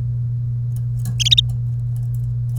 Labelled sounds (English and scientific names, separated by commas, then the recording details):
Domestic Canary (Serinus canaria) song
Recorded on 1 May 2018 at 08:52
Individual llb3